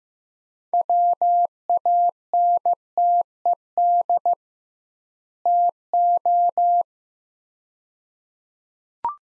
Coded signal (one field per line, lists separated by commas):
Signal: Morse code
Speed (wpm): 15 wpm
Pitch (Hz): 700 Hz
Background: none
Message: WANTED TO